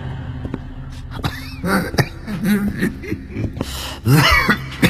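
An old man coughs in a string of raspy, wheezing bursts mixed with throat clearing, uneven in rhythm over several seconds and growing loudest in a final harsh fit.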